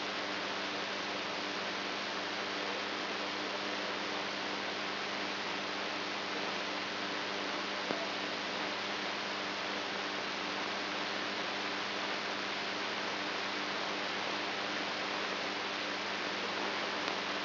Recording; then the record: brain microelectrode recording played as sound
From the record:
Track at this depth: inside the subthalamic nucleus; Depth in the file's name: 3.916 mm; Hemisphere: right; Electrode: 2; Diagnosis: Parkinson's disease